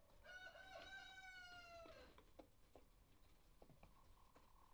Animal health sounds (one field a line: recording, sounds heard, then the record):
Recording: poultry house recording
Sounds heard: healthy chickens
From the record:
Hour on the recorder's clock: 1